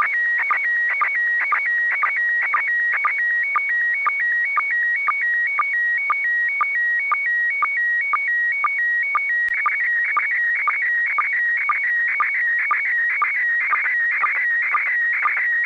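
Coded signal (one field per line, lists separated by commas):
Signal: SSTV (slow-scan television)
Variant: PD120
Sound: warbling, scratchy tone changing pitch, with short low chirps about twice a second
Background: FM radio hiss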